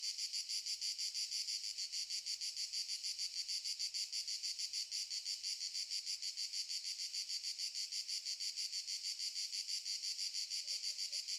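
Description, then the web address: Cicadas give a loud, sizzling high buzz that throbs in regular pulses several times a second, unbroken across the whole stretch. Cicadas stridulating very loudly in summer fields during the morning. "Sculp Tunes - Summer in the field - Crickets and Cicadas"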